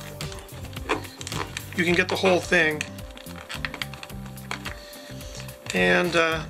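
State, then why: Partly seated. A plastic trim piece is slid into a motorcycle helmet shell by its back notch, and its two front clips are pressed to pop it into place, with clicks at 3.6, 3.8 and 4.5 seconds. Someone talks over background music, and the trim piece's clips do not fully seat, so some of the adhesive is to be removed.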